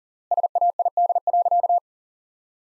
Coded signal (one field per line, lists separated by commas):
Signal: Morse code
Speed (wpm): 40 wpm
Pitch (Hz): 700 Hz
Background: none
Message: SAID.